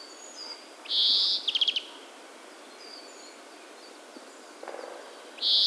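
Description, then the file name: European greenfinch calls: a drawn-out buzzy wheeze, then a short rapid trill of four or five notes, with another nasal wheeze at the end. "Chloris chloris"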